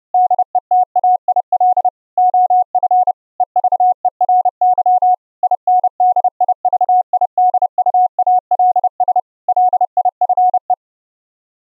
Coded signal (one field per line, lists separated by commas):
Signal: Morse code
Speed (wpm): 30 wpm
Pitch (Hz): 730 Hz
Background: none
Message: DETAIL OF EVERY INDIVIDUALS LIFE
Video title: Raspberry PI 4 ENB-CW soundcard SDR Transmitter & ENB-CW Laptop soundcard SDR Receiver - on VLF band